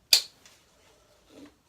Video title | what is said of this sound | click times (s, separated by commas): Packing for an Amusement Park | wait for the click and | 0.1 s